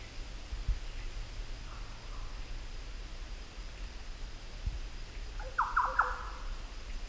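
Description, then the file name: Green oriole gives one brief rich, warbled call late, with a faint softer note earlier, against constant low hum and hiss. "Orio Flav"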